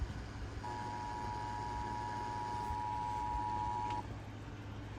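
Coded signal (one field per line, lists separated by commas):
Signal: Emergency Alert System (SAME) tones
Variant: 853 and 960 Hz attention tone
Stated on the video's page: Georgia AMBER Alert (child found safe) SAME tones relayed by an FM broadcast station.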